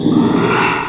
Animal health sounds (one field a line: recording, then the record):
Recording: squeal of a Yucatan mini pig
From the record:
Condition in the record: after surgery on the right vocal fold (resection and tissue-engineered implant)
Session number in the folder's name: 1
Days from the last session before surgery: 6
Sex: male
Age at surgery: 12 weeks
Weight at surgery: 13 kg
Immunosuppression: cyclosporine, prednisolone